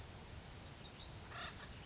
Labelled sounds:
Acorn Woodpecker
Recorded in Sonoma County, California

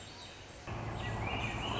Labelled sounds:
Swainson's Thrush
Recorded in Sonoma County, California

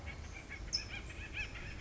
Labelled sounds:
California Towhee
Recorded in Sonoma County, California

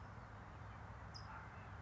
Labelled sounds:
California Towhee
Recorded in Sonoma County, California

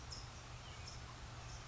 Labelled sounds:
California Towhee
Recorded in Sonoma County, California

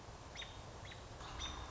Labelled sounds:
American Robin
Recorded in Sonoma County, California

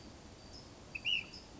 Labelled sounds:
Ash-throated Flycatcher
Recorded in Sonoma County, California

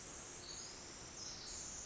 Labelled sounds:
Pacific Wren
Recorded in Sonoma County, California

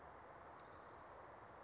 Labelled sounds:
Orange-crowned Warbler
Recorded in Sonoma County, California

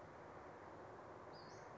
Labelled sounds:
Western Flycatcher
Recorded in Sonoma County, California

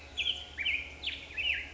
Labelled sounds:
Black-headed Grosbeak
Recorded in Sonoma County, California

